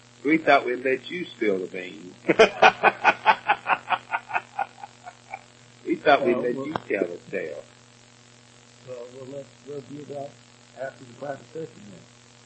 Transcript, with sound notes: We thought we’d let you spill the beans. [laughs] We thought that we’d let you tell the tale.
Well, we’ll let — we’ll do that after the Private Session then.